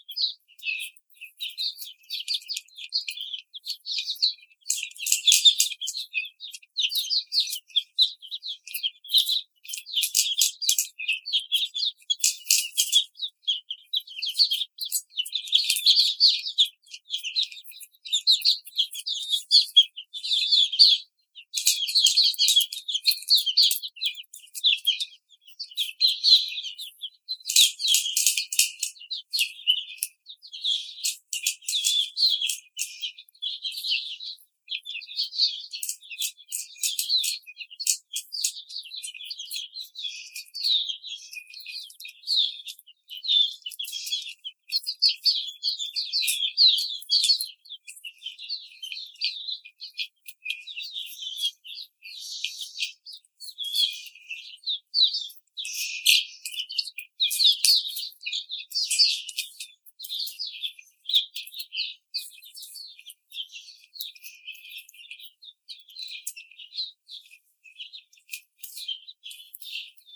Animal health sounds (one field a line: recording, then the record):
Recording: young laying hens in a cage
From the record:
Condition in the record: treatment cage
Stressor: simulated dog barking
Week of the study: 5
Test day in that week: 1